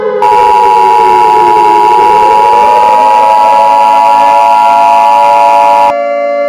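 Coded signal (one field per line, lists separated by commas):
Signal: Emergency Alert System (SAME) tones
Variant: 853 and 960 Hz attention tone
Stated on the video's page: Fictional EAS scenario, simulated alert with borrowed sound effects and music.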